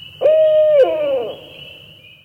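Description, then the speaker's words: Barred Owl contact call, a single loud steady hoo followed by a lower falling wah, then a soft trailing fade. Played back from a CD: male giving the loud hoo-wah call, which may serve as a contact call between a mated pair. "giving the loud hoo-wah call, which may serve as a contact call"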